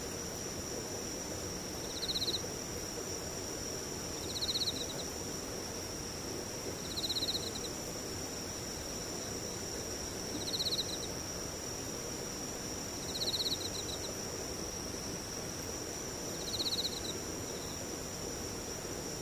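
Insects sing in a steady, thin high whine that never lets up. Every three seconds or so a short, brighter chirp rises above it, about six times in all. A low, dull rumble sits underneath throughout.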